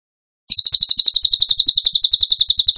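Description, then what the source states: Bird song: after a brief silence, a loud, fast, regular trill of high ringing notes continues to the end. Masteran training recording in the tembakan gacor style.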